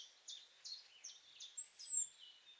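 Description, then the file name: European robin calls: a string of short, clipped downward notes, broken by one loud, thin, high drawn-out whistle. "Erithacus rubecula"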